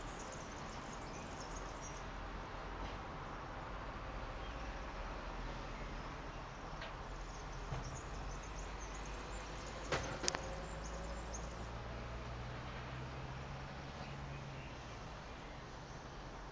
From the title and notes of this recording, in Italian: I rumori delle strade, delle tortore, delle belle passanti, del mondo: dall'alto di un balcone della periferia veronese, in questa timidissima primavera.